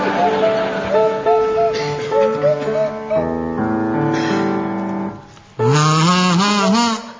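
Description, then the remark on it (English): Jeremy Hardy plays a buzzing kazoo and Tim Brooke-Taylor a swanee whistle, performing a wobbly tune together, with held notes and sliding pitches that swoop up and down at a steady loudness, no talking. “featuring Jeremy Hardy on the kazoo and Tim Brooke-Taylor on the Swanee whistle.”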